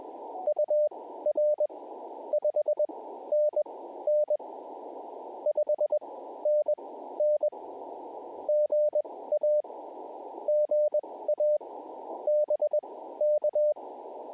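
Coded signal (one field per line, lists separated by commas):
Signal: Morse code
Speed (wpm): 21 wpm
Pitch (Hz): 600 Hz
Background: none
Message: UR 5NN 5NN GA GA BK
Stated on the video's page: QRP CW park activation at a Georgia wildlife management area.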